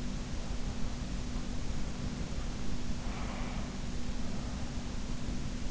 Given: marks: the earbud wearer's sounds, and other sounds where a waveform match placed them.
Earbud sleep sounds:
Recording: sounds in sleep by an in-ear microphone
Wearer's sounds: breath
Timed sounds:
2.47-4.30 s: breath

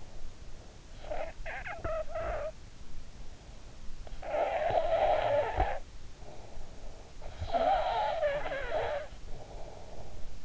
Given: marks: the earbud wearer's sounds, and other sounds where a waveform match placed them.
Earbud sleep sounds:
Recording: sounds in sleep by an in-ear microphone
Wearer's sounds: snoring breath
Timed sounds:
0.53-3.05 s: snoring breath
3.87-6.42 s: snoring breath
7.02-10.44 s: snoring breath

